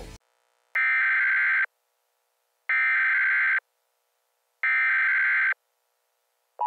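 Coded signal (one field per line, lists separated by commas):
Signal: Emergency Alert System (SAME) tones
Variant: header bursts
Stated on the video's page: Fictional EAS scenario remake, simulated alert.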